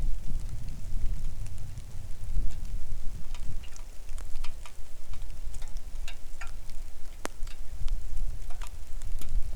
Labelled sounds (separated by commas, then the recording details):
wind, rain
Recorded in the Arctic National Wildlife Refuge, Alaska, on 3 August 2019 at 10:09
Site 41